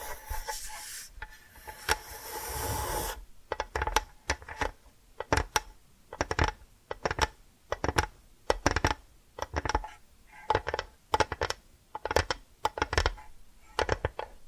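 Tapping and scratching sounds begin with about three seconds of continuous rough rubbing. Then come crisp, sharp taps in quick clusters, spaced irregularly but steadily through the rest of the clip, with brief quiet gaps between groups. A faint steady tone hums underneath.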